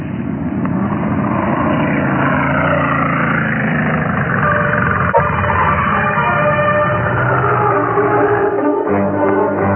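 A sports car engine runs steadily as the car arrives at a small inn, the Posada del Zorro Azul: a loud continuous droning rumble with whining tonal overtones, a brief click partway through and a lower, shifting pitch near the end.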